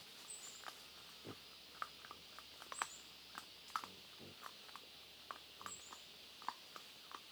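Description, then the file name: Wild boar feeding, crisp cracking and chewing clicks scattered throughout with occasional brief grunts, over a steady insect drone and faint high chirps. Family group of wild boar feeding on acorns, Huairou District, 11 August 2022, 07:13. "2022-08-11-0713-Wild-Boar-family-feeding-on-acorns-Huairou-District"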